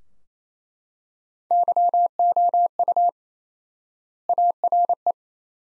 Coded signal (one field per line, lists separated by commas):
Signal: Morse code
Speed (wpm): 28 wpm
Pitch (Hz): 700 Hz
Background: none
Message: YOU ARE